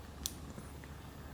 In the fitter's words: And there we go. It there's a confirmation. It clicks in both ways.